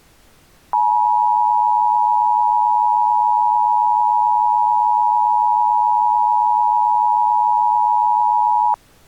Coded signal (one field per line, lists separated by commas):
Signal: Emergency Alert System (SAME) tones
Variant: 853 and 960 Hz attention tone